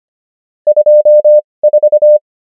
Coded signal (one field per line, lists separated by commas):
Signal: Morse code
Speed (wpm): 25 wpm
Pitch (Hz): 600 Hz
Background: none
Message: 24